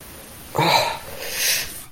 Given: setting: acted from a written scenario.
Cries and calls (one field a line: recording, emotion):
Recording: vocal sound without words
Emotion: fear